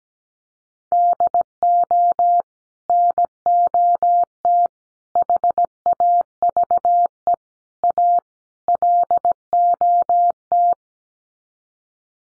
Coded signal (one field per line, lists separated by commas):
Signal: Morse code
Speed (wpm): 17 wpm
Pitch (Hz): 700 Hz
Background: none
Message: DO NOT HAVE A LOT